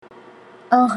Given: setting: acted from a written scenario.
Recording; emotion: vocal sound without words; romantic love